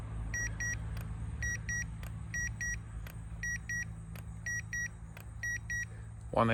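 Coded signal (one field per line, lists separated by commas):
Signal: none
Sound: thermometer beeps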